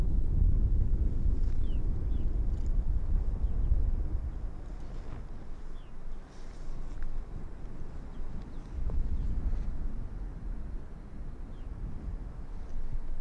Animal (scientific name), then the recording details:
Vulpes lagopus. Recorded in the wild. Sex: female. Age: adult. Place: Insel Mednyi, Kommandeur-Inseln, RU. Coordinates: 54.5167, 168.083. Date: 1999-08-03 20:03. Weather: 11°C, kein Nebel, leichter Südwind. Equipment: Sony WM-D6C, Sennheiser ME 80, K 30 AV, Windkorb, Kopie Tascam DA 30. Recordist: Jakupi, Antje